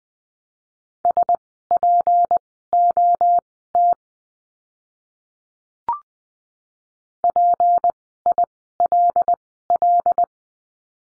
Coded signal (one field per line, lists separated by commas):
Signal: Morse code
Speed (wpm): 20 wpm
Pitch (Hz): 700 Hz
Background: none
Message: SPOT PILL